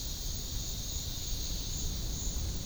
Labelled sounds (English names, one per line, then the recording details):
none
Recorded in dense forest near Puerto Asís, Putumayo, Colombia, on 12 March 2025 at 12:30
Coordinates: 0.500, -76.322
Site GP06